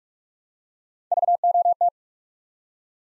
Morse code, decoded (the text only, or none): VOT